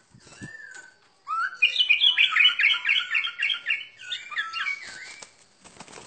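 Bird song opening with a single whistle, followed by a loud, fast warbling series of varied notes lasting about four seconds.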